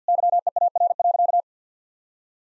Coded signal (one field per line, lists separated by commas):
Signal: Morse code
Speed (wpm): 50 wpm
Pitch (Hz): 700 Hz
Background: none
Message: YEAR.